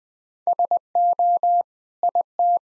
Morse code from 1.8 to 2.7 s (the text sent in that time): IT